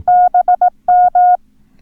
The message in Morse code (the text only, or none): BM